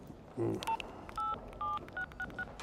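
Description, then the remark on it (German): A phone number is dialed on a mobile phone keypad in a bank lobby: a series of about six or seven short, clear touch-tone beeps at slightly uneven intervals, with no voices. “Darf ich mal kurz dein Handy haben?”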